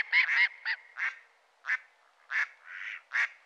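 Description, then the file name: Mallard quacking: a series of harsh, nasal quacks, some paired and some single, spaced irregularly across a few seconds. "canard colvert"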